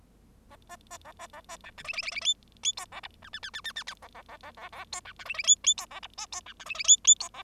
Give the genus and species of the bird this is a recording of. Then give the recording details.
Lonchura striata domestica. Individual Bird0